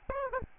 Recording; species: mosquito wingbeat signal from an infrared sensor; Aedes albopictus